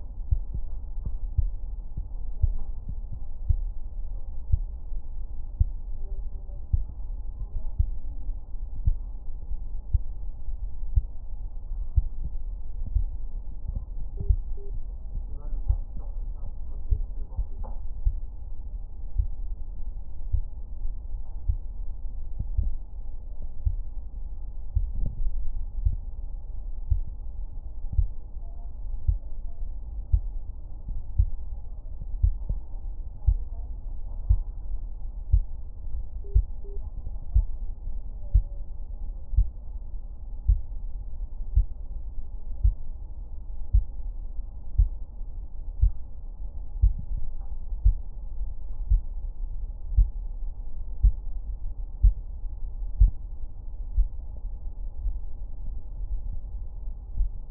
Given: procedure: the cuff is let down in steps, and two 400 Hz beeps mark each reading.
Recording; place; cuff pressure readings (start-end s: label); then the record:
Korotkoff sounds by stethoscope; brachial artery, at the lower edge of an arm cuff
14.17-14.70 s: 87.5 mmHg
36.24-36.77 s: 85 mmHg
From the record:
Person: healthy adult, 24 to 32 years, lying on the back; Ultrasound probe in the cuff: proximal